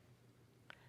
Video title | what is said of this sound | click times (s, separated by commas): Learn how to create a color drop necklace on Beads, Baubles and Jewels with Katie Hacker (1910-1) | And a little tip for jump rings is you can hear it click, | 0.7 s